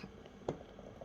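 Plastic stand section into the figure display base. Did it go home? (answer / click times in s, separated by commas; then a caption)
no / none. A section of a height-adjustable plastic display stand for a 1/6 scale figure is handled and fitted toward the figure display base. A faint tick sounds at about 0.3 s, a brief sharper tap at 0.5 s, and another faint tick at 1.0 s. Nothing has seated or clicked into place yet.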